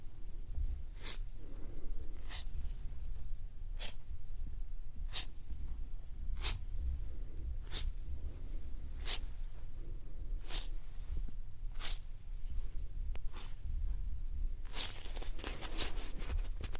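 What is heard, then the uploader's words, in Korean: Soft, fluffy squishing sounds, each a short crisp puff repeating at an even pace roughly every second and a half. Near the end the squishes bunch into a quick flurry. A low, steady rumble runs underneath throughout. ASMR 폭신 폭신 소리!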